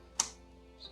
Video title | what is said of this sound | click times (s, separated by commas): Trident Z Royal Ram Install/Review! | 2 clicks. There we go. | 0.2 s